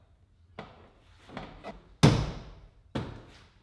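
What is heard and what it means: A plastic rear hatch trim panel on an MK6 R, turned upside down and lined up with the clip holes along the top, is struck hard by hand so its clips snap into the hatch. Sharp knocks land at 0.6 s, 2.0 s and 3.0 s, with a softer bump near 1.4 s, and the 2.0 s strike is the loudest. The clips seat fully, since the panel only goes in when hit really hard.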